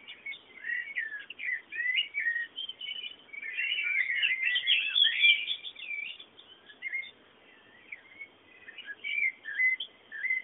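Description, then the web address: Birds chirp and twitter busily, building to a loud tangle of overlapping whistles in the middle, easing briefly, then picking up again with quick tweets. Background bird sounds. "bullas Bullasdata sounds fondo pajaros"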